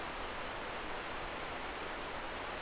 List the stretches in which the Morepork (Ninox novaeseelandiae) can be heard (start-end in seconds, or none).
none